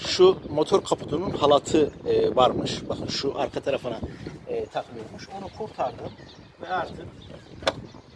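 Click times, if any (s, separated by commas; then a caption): 7.7 s. On a Ford Courier Tourneo, the plastic air filter housing is pressed back into its engine bay mounts after the hood release cable that was blocking it is freed. Someone talks over several knocks and handling noises, and a sharp click at 7.7 s marks the housing seating into place.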